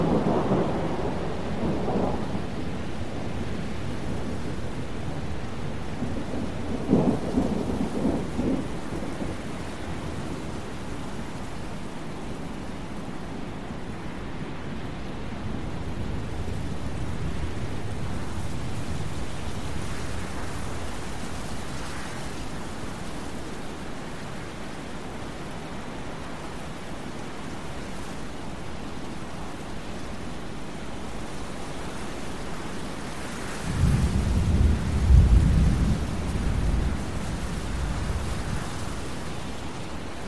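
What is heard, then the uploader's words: Wind blows steadily as a dense, low rumbling hiss for the whole forty seconds, heaviest in the deep range. Gusts swell now and then, with stronger low buffeting near the start, around seven seconds, and a loud burst around thirty-four to thirty-six seconds. Thunderstorm Sounds for Sleep with Wind White Noise | Lightning & Thunder.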